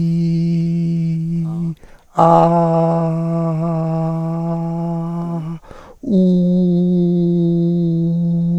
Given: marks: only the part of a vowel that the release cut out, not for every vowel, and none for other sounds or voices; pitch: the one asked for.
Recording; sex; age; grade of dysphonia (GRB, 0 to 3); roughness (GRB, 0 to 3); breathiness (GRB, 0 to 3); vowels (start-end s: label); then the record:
sustained vowels; male; 60 to 69 years; 2; 0; 2
0.00-1.14 s: vowel /i/, normal pitch
3.40-4.79 s: vowel /a/, normal pitch
6.48-8.11 s: vowel /u/, normal pitch
From the record:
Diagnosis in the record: recurrent laryngeal nerve paralysis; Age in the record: 65 years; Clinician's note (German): Nur noch diskret hinten